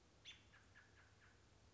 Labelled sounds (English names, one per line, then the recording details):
American Robin
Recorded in Sonoma County, California